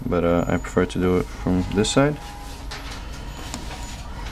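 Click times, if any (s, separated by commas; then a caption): 3.5 s. Someone talks while iPhone 4 flex cable connectors are pressed one by one onto their logic board sockets. After the talking stops, one flex cable connector is pressed down and gives a short, sharp click at 3.5 s as it seats into its socket.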